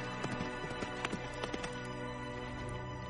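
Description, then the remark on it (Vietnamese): Rapid hoofbeats of two galloping horses, Hắc công tử and Huyết Thống, racing each other, a quick irregular clip-clop of sharp knocks repeating over a steady rumbling background, with no voices. “Ngựa chạy nhanh như thế này, cho dù phát hiện nguy hiểm thì cũng chẳng kịp xử lý.”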